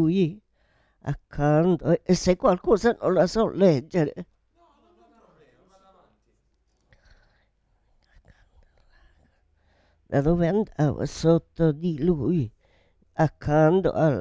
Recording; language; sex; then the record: read passage; Italian; female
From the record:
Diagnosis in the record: Parkinson's disease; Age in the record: 78 years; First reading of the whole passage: 164 s, 3.2 characters per second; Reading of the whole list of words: 108 s, 2.6 characters per second